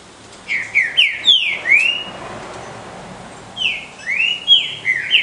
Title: Canto De Trinca Ferro Voz 06. ESQUENTANDO OS BRUTOS